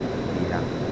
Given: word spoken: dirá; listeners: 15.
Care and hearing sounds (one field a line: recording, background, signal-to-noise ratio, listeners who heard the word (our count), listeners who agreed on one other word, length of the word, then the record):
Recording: one Spanish word in noise, from a listening test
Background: speech-shaped noise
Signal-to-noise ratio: -4.1 dB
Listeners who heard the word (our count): 0 of 15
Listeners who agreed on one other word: 8 of 15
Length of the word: 0.52 s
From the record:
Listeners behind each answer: 8, 2, 2, 1, 1, 1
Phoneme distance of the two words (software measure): 17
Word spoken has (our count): 2 syllables, 4 phonemes, stress on syllable 2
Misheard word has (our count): 2 syllables, 5 phonemes, stress on syllable 2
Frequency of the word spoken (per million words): 13.67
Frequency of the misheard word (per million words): 49.50